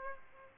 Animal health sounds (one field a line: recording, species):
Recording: mosquito wingbeat signal from an infrared sensor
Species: Aedes aegypti